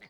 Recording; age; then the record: pig call; piglet (1 to 25 days)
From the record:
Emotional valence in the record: positive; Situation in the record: short reunion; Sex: female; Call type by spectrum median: low-frequency call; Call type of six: low-frequency tonal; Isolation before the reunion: 3 minutes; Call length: 0.09 s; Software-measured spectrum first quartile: 560 Hz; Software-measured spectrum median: 1835 Hz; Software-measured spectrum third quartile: 2277 Hz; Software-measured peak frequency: 2077 Hz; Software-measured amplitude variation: 132 dB a second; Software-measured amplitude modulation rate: 5.4 a second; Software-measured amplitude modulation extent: 24.6 dB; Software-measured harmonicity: 3.9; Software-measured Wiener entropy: -0.93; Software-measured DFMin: 1106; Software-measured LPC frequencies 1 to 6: 576, 2063, 3531, 4159, 4758, 5859 Hz